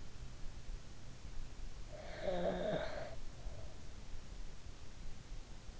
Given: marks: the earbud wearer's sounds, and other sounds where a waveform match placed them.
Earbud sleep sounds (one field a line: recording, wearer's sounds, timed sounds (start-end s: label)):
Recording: sounds in sleep by an in-ear microphone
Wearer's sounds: snoring breath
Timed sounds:
1.92-3.61 s: snoring breath